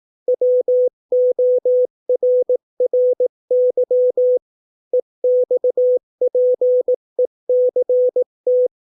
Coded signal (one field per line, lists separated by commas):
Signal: Morse code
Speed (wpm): 18 wpm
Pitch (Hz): 500 Hz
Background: none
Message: WORRY EXPECT